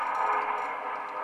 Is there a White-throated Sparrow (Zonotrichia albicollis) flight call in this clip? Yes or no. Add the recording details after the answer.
no. No flight call is heard. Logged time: 00:50 on 20 December 2014